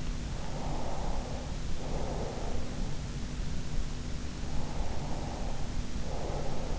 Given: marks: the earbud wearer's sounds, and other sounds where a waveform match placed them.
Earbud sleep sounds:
sounds in sleep by an in-ear microphone; breath
0.46-2.97 s: breath
4.80-6.79 s: breath

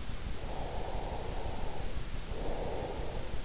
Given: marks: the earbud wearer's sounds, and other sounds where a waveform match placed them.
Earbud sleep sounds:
sounds in sleep by an in-ear microphone; breath
0.19-3.44 s: breath

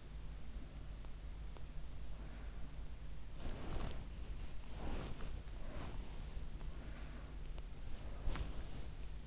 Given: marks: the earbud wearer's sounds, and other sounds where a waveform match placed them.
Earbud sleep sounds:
sounds in sleep by an in-ear microphone; body movement
3.34-6.14 s: body movement
7.99-8.94 s: body movement

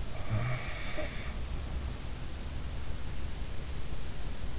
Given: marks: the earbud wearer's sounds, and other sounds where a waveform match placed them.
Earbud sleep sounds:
sounds in sleep by an in-ear microphone; snoring breath
0.06-1.17 s: snoring breath

